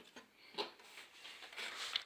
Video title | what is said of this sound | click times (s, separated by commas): Ian's first computer assembly / 이안이의 첫 컴퓨터 조립 | it's not all the way in | 2.0 s